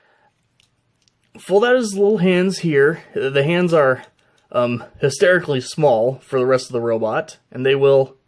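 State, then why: Not seated. Small plastic hands are being folded out of the forearms of a Titanium Series RiD Optimus Prime/Fire Convoy transforming robot figure, with faint handling ticks between about 0.4 and 1.2 s. Someone talks through most of the clip from about 1.3 s. The hands have not yet clicked or locked into place.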